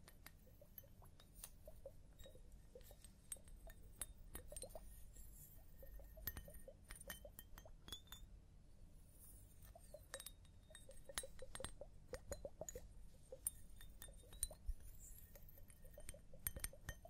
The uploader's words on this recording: ASMR Sleep Clinic Personal Attention Scalp Massage, Hair Wash (No Talking).